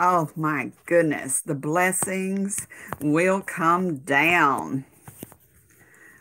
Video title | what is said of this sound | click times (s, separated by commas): The Lion Has Roared...in The Rain | i'm distracting from cleaning i'm putting my stylus back in did you hear that little click | 5.2 s